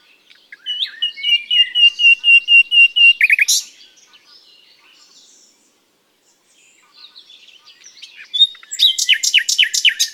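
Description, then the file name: Common nightingale song opening with a steady series of repeated whistled notes that swells, a pause, then a loud stuttering rattle of sharp notes. "Luscinia megarhynchos"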